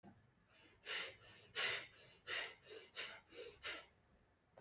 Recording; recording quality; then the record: shallow breathing; excellent, no background noise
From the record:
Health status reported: healthy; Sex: male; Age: 20 years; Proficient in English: yes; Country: India